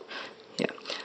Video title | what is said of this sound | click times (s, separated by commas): Transformers DOTM Voyager optimus prime toy review | so it locks into place like this and there is mechtech ports right here | 0.6 s